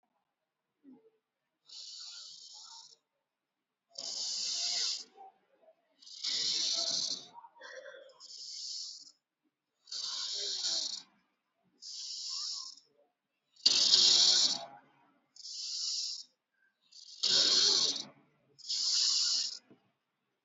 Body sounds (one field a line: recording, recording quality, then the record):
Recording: deep breathing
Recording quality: excellent, no background noise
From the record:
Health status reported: exposed to COVID-19, no respiratory illness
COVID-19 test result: not tested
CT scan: not taken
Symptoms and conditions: cold, diabetes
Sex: male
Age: 52 years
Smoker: no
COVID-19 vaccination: both doses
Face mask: worn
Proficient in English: yes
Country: India